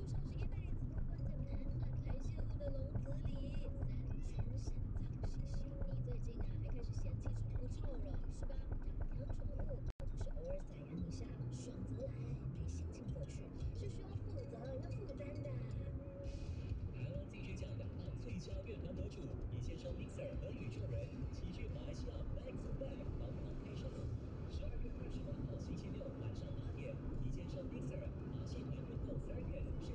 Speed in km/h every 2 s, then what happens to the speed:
66, 64, 65, 63, 64, 65, 67, 69, 71, 74, 76, 78, 80, 82, 82.
0-9 steady at about 64. 9-23 speeds up to 80. 23-30 steady at about 82.